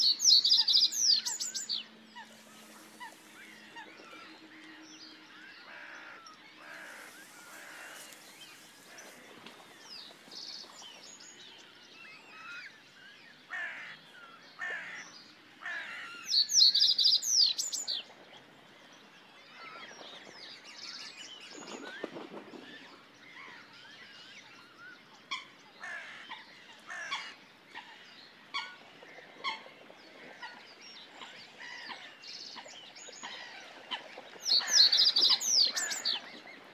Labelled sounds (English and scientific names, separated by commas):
Reed Bunting (Emberiza schoeniclus) song